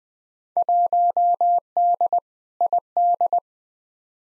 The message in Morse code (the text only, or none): 1D ID